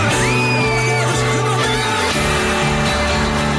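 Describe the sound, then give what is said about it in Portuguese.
A loud crowd of football fans cheering for Portugal shouts and cheers without pause, their voices merging into sustained chant-like tones, with a high rising whoop cutting through early on. “Esta vontade de vestir as cores de Portugal e gritá-las mais alto.”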